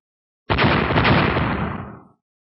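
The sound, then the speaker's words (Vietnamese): A single loud, booming explosion bursts suddenly from inside a cauldron, its broad rumbling roar holding for over a second before fading out into silence. “Đúng vào lúc này, bên trong hư ma đỉnh thình lình truyền ra một tiếng ầm vang thật lớn.”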